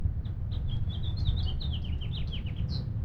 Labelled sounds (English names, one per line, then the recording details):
House Finch song
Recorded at Lynbrook on Long Island, New York, on 17 June 1975
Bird F